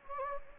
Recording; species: mosquito wingbeat signal from an infrared sensor; Anopheles gambiae